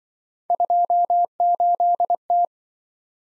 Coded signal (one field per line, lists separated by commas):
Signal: Morse code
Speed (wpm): 25 wpm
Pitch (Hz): 700 Hz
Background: none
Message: 28T